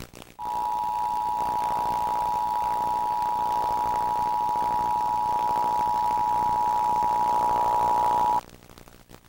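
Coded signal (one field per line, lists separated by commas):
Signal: Emergency Alert System (SAME) tones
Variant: 853 and 960 Hz attention tone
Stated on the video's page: Archival broadcast EAS test aired on a TV station, taken from an archived tape.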